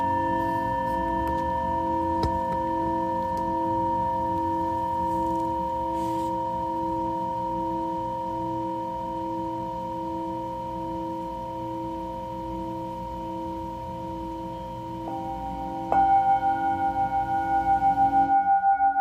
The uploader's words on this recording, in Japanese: メキシコから シンギングボウルのサウンドヒーリング。新月の真夜中のメキシコより。チベタンシンギングボウル。